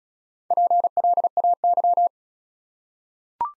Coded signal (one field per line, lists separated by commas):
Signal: Morse code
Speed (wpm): 37 wpm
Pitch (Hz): 700 Hz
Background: none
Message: PLAY